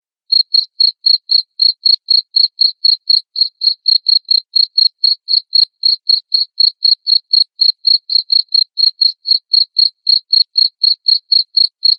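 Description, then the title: Cricket giving a continuous series of sharp high chirps, roughly four per second, evenly paced throughout. Loud cricket chirping (ngerik) played to make lovebirds sing continuously (ngekek). "Suara JANGKRIK NGERIK Keras Bikin LOVEBIRD Jadi NGEKEK Terus Vubey"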